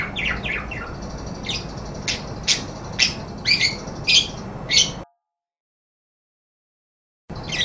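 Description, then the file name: Parakeet calls, a rapid series of sharp squawky chirps that stops abruptly and resumes briefly after a silent gap. "suara burung parkit. omkicau"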